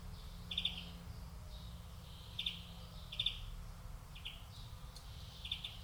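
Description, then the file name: European greenfinch calls: short clipped chirping bursts given irregularly, about one to two seconds apart, over steady low rumbling noise. "Chloris chloris"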